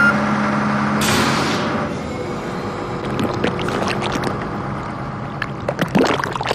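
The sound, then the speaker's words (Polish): A large water tanker truck's engine drones steadily beneath a broad hiss of water spraying in an arc as it waters the grass on a racecourse track. A sharper hissing surge comes early, and scattered clicks and knocks follow, with no voices. “Ale jeździ też duży beczkowóz, który właśnie w klasyczny sposób, sikając piękną tęczą wody, podlewa trawę na bieżni wyścigowej.”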